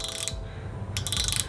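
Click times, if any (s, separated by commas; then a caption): 0.3 s, 1.0 s, 1.1 s, 1.2 s, 1.3 s, 1.4 s. The ratchet thimble on the end of an outside micrometer is turned, instead of the main thimble, while the anvils close on a steel crankshaft main journal. Its ratchet clutch slips at the preset measuring pressure, giving a series of small clicks at 0.3, 1.0, 1.1, 1.2, 1.3 and 1.4 seconds, over a low steady background.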